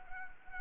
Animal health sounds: mosquito wingbeat signal from an infrared sensor; Anopheles arabiensis

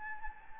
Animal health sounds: mosquito wingbeat signal from an infrared sensor; Anopheles gambiae

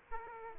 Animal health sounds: mosquito wingbeat signal from an infrared sensor; Aedes aegypti

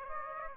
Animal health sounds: mosquito wingbeat signal from an infrared sensor; Aedes aegypti

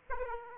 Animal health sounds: mosquito wingbeat signal from an infrared sensor; Aedes aegypti

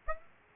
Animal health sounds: mosquito wingbeat signal from an infrared sensor; Aedes aegypti

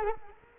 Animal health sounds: mosquito wingbeat signal from an infrared sensor; Culex quinquefasciatus

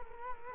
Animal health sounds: mosquito wingbeat signal from an infrared sensor; Culex quinquefasciatus

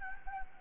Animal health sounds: mosquito wingbeat signal from an infrared sensor; Anopheles gambiae

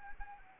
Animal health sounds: mosquito wingbeat signal from an infrared sensor; Anopheles arabiensis

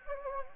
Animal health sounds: mosquito wingbeat signal from an infrared sensor; Anopheles gambiae

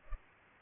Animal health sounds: mosquito wingbeat signal from an infrared sensor; Culex pipiens

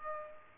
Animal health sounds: mosquito wingbeat signal from an infrared sensor; Culex pipiens

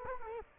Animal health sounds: mosquito wingbeat signal from an infrared sensor; Culex quinquefasciatus

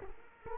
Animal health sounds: mosquito wingbeat signal from an infrared sensor; Culex quinquefasciatus

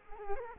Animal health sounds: mosquito wingbeat signal from an infrared sensor; Culex quinquefasciatus

